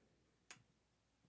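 A revolver barrel on a Western Sidewinder is being threaded into its metal frame, a fiddly job to get the threads started, to be run down finger tight. A single sharp, bright tick at 0.5 s is followed by a soft low thud and a faint knock near 1.3 s. The barrel threads catch and snap into place.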